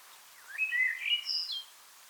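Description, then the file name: Eurasian blackbird song: one smooth, fluted warbling phrase that climbs into a thin, high twitter at its end. "Turdus merula"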